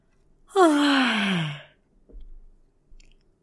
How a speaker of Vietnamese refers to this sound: … che miệng ngáp do vẫn còn ngái ngủ